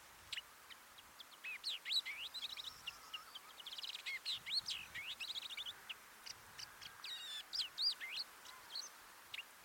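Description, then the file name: Long-tailed shrike pouring out a jumbled song of chatters, quick trills and sharp whistles in rapid succession. "Ruud van Beusekom - Dlinnohvostyj sorokoput Lanius schach"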